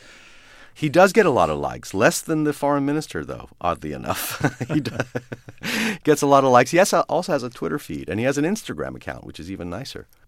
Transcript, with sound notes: He does get a lot of likes, less than the foreign minister, though, oddly enough.
(LAUGHTER)
He gets a lot of likes. He also has a Twitter feed, and he has an Instagram account, which is even nicer.